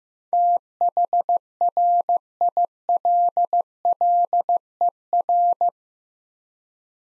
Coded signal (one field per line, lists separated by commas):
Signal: Morse code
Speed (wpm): 15 wpm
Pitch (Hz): 700 Hz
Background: none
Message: THRILLER